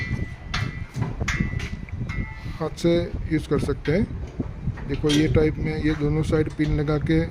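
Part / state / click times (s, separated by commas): side locking pins into the hand-pull attachment of a body cart / not seated / none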